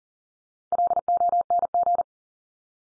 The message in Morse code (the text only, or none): LONG